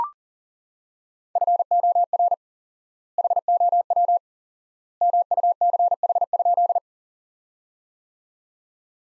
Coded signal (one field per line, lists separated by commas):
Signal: Morse code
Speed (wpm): 40 wpm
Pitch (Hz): 700 Hz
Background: none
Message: FOR HOW MUCH?